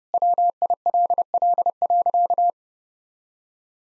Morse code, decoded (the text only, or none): WILL.